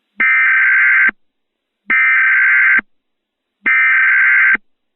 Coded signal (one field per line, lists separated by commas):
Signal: Emergency Alert System (SAME) tones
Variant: header bursts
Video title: EAS Mock: Moon Apocalypse